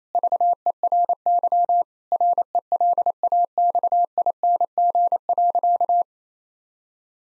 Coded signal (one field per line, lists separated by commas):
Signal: Morse code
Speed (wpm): 28 wpm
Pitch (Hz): 700 Hz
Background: none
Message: VERY RELAXING.